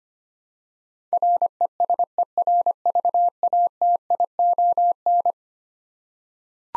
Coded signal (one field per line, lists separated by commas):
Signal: Morse code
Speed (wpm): 25 wpm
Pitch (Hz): 700 Hz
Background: none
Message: RESERVATION